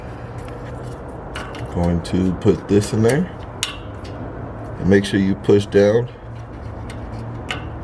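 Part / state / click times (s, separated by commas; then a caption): connector locking tab on exhaust actuator harness plug / seated / 7.5 s. Someone talks while inserting the exhaust actuator harness plug during a Z Automotive inactive/active exhaust delete kit install, then pushes down on the connector's locking tab. A short, sharp click at 7.5 s confirms the lock is pushed down and the plug is seated.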